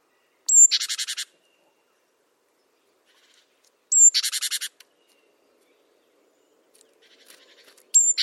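Great tit harsh call repeated roughly every three and a half to four seconds, a high thin note then a rattling churr, with faint twittering before the last call.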